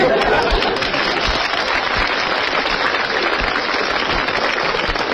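Steady, dense clapping from a crowd for a crosstalk performer on stage fills the whole stretch at an even, fairly loud level, a continuous crackling wash of many hands with a few voices murmuring underneath.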